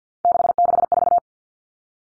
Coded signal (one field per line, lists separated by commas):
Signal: Morse code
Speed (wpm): 50 wpm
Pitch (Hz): 700 Hz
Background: none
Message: 664